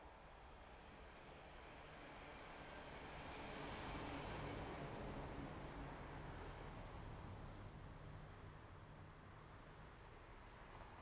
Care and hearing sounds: everyday scene through a hearing-aid microphone; in traffic; traffic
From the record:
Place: main road on the outskirts, rush hour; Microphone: behind the ear, left, front

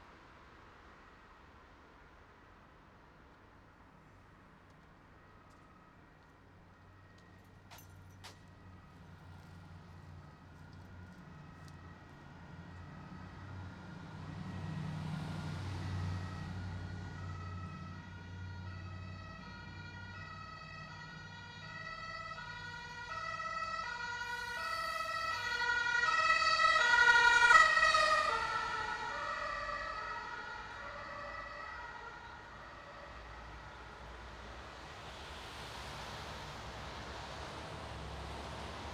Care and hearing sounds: everyday scene through a hearing-aid microphone; in traffic; traffic, siren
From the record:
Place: bus stop on a city main road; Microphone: in the ear canal, right

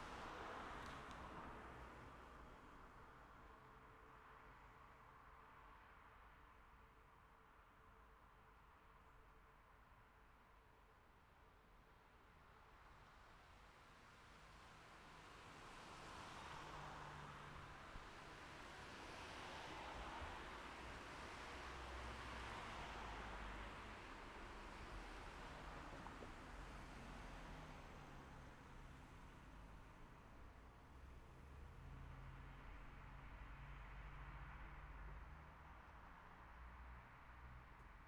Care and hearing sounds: everyday scene through a hearing-aid microphone; in traffic; traffic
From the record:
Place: city secondary road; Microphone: behind the ear, left, rear

